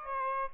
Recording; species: mosquito wingbeat signal from an infrared sensor; Aedes albopictus